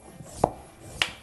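A bicycle tire on a wheel rim is inflated to a higher pressure so an unseated spot of the bead seats into the rim. Two sharp snaps ring out at 0.4 s and 1.0 s as the bead pops into place, and the tire is seated.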